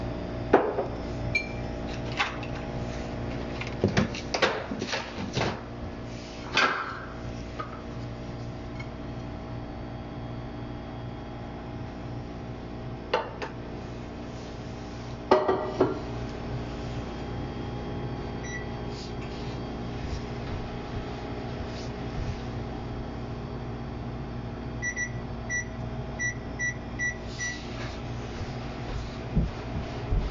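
Natto omelette being mixed and then cooked. A steady low hum runs throughout, broken by sharp clicks and clatters around 0–1, 4–7 and 15–16 seconds, with a few faint high beeps near 18 and 25–28 seconds.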